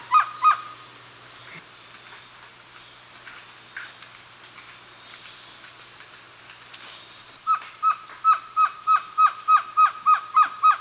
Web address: Natures Songs S America Eastern Lowlands Trogon viridis, song